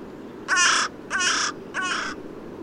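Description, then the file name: Carrion crow cawing three times, each a harsh, hoarse note of under half a second, evenly spaced. "Corvus corone"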